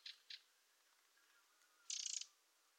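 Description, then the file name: Eurasian wren giving two quick scratchy tick notes, then after a pause a brief, rapid, buzzy rattle of pulsed notes. "Troglodytes troglodytes"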